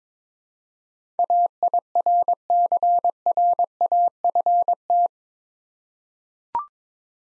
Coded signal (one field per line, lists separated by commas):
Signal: Morse code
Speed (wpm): 22 wpm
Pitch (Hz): 700 Hz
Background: none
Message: AIRCRAFT